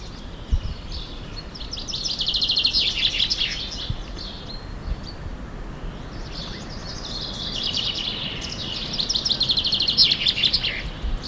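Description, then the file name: Common chaffinch singing two song phrases a few seconds apart, each a rapid series of high notes ending in a flourish, over steady low background noise. "Fringilla coelebs"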